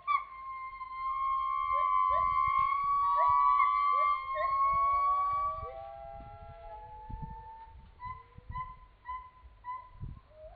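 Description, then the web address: Gibbon song: sustained level whistles over short notes, then drawn-out slides and a run of brief repeated notes. "gibbon. chanee-brulé"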